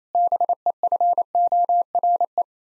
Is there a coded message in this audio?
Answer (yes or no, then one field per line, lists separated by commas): yes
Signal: Morse code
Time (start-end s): 0.2-2.4 s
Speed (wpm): 28 wpm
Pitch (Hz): 700 Hz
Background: none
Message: BEFORE